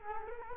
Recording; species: mosquito wingbeat signal from an infrared sensor; Culex quinquefasciatus